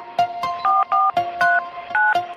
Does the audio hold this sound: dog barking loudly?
no